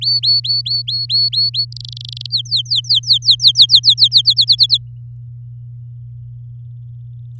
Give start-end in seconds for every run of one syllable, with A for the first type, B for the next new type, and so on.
0.01-1.65 A, 1.72-2.26 B, 2.30-4.09 C, 4.11-4.78 D